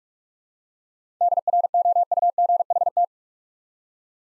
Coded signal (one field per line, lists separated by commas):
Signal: Morse code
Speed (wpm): 44 wpm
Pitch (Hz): 700 Hz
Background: none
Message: DROUGHT